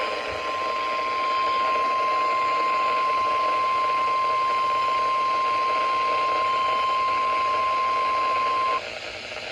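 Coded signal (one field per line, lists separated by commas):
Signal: Emergency Alert System (SAME) tones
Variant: 1050 Hz attention tone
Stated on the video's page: Live NOAA Weather Radio required weekly test with live voice that glitched, after an earlier failed attempt; 162.475 MHz transmitter, Rockford, Illinois.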